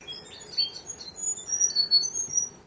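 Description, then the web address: Bird calling with thin, very high whistled notes, short and scattered, over a low, steady background hiss. Recorded in mangroves. "Sound Effects-Foundation 1 BIRD UNKNOWN MAGROVES"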